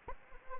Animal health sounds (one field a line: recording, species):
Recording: mosquito wingbeat signal from an infrared sensor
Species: Anopheles arabiensis